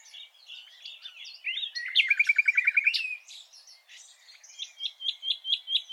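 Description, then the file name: Common nightingale song: soft varied twitters, a quick rattling trill in the middle, then a series of sharp repeated notes. "Luscinia megarhynchos"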